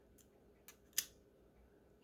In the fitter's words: thing magnetically seats itself in there hear it click together